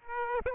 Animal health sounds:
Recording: mosquito wingbeat signal from an infrared sensor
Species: Aedes aegypti

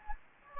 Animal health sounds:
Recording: mosquito wingbeat signal from an infrared sensor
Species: Anopheles gambiae

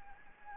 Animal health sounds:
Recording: mosquito wingbeat signal from an infrared sensor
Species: Anopheles gambiae

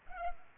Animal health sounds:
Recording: mosquito wingbeat signal from an infrared sensor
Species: Culex pipiens

